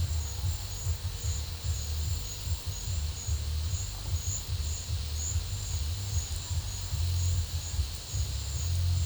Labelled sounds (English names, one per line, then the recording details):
none
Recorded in pastures near Puerto Asís, Putumayo, Colombia, on 22 December 2024 at 13:00
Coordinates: 0.496, -76.326
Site G004